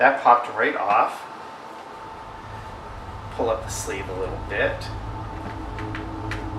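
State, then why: Seated. Someone talks while swapping an interchangeable plastic hand on a collectible action figure, pulling the sleeve up a little and pressing the hand onto the wrist peg. Two short, sharp clicks at 5.9 s and 6.3 s mark the hand popping into the peg, and it is seated.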